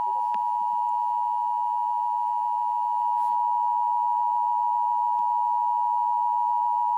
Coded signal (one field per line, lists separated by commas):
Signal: Emergency Alert System (SAME) tones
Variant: 853 and 960 Hz attention tone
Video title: EAS 634 STERLING FLW